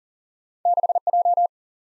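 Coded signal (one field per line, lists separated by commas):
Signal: Morse code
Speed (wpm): 52 wpm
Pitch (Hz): 700 Hz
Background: none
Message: 6J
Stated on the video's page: Speed-Racing practice of two-character letter-number combinations, starting at 40 wpm and slowing to a base speed, with a final repeat at maximum speed.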